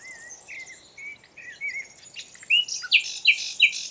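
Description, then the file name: Common nightingale song: clear whistled notes and slurs, then loud, sharp, upward-flicked notes repeated quickly, over constant background noise. "Luscinia megarhynchos"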